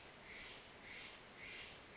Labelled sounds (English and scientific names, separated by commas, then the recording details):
Steller's Jay (Cyanocitta stelleri)
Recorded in Sonoma County, California